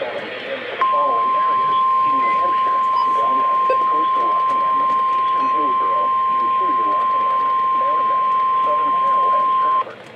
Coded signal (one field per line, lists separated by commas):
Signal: Emergency Alert System (SAME) tones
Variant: 1050 Hz attention tone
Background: speech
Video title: SUMMER'S WARM WELCOME... Severe Weather EAS Alerts from June 20th, 2024 (EAS #971-1,019)